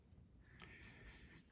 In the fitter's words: you take this and you slide it in there, and it locks in place.